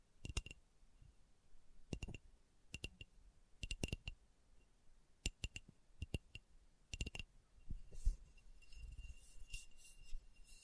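Slow tapping in crisp, sharp taps, some single and some in quick pairs, spaced about a second apart through the first seven seconds. After that the taps stop and a softer, scratchy rustling takes over, with a faint thin whine underneath throughout.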